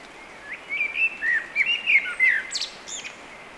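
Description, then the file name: Eurasian blackbird song phrase, rich looping whistles that rise and dip, followed by two sharp high twittery notes at the close. "Turdus merula"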